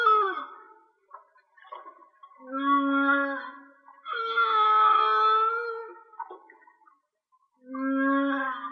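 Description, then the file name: Whale song with sustained harmonic moans, a few faint clicks between phrases. "Whale Song-colin"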